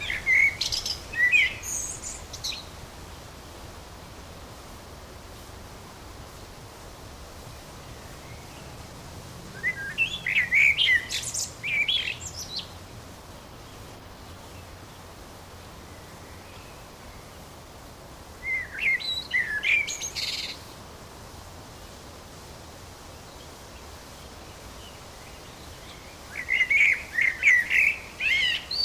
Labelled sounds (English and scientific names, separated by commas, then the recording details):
Common Blackbird (Turdus merula) song
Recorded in the wild
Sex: male
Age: adult
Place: Forsthaus Dreilinden, Wannsee, Berlin, DE
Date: 1997-06-08 16:15
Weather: fair, ca. 26°C, gusty winds
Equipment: Nagra SN, Kopie Uher 4000 Report Monitor
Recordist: Tembrock, Günter